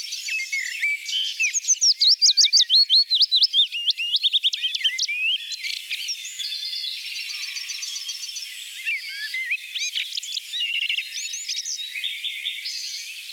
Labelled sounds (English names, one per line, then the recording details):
Willow Warbler song
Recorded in the wild
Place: Merdingen bis Ihringen / Kaiserstuhl, Baden-Württemberg, DE
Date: 1980-05-18
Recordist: Schwarz, Dieter
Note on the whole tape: Song